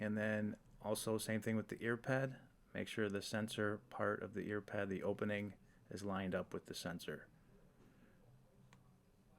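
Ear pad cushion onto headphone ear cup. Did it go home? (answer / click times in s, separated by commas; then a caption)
no / none. Someone talks for most of the clip while lining up the sensor opening of a replacement ear pad cushion with the sensor on a Sony WH-1000XM4 headphone ear cup, before pressing its plastic rim home. This stretch is positioning only, and nothing has snapped into place yet.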